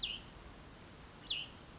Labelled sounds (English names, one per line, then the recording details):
Hutton's Vireo
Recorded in Sonoma County, California